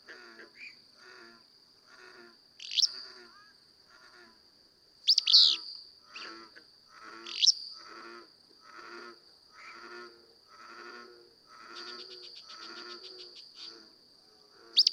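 Willow flycatcher giving a few quick, sneezy high phrases at irregular intervals, while another bird repeats lower, harsh chattering notes throughout over a steady high whine.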